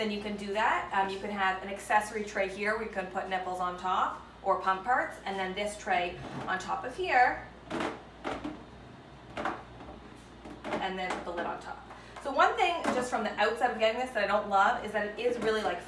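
Someone talks while stacking a plastic accessory tray for nipples or pump parts, then the lid, onto the base of a Baby Breeza Advanced bottle sterilizer dryer. Soft plastic knocks sound around 8.3 s and 9.4 s as the parts are set down. Nothing clicks or locks: the tray and lid just rest loosely on each other, which makes the assembly feel flimsy.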